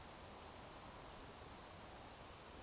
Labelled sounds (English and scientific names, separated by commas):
Eurasian Woodcock (Scolopax rusticola) whistle